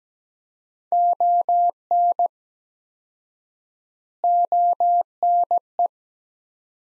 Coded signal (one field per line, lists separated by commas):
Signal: Morse code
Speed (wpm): 17 wpm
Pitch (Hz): 700 Hz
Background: none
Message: ON ONE